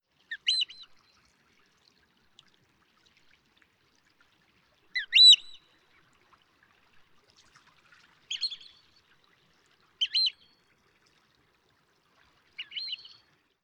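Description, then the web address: Eurasian oystercatcher calls: five short, high, piping bursts spaced a few seconds apart against a quiet background. "miyakodori"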